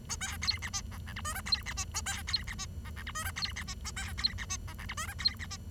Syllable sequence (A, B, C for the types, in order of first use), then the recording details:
A B C D E F G H I J C D E A B C D E F G H I J C D E A B C D E F G H I J C D E. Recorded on 23 June 2012 at 08:45. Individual gr41rd51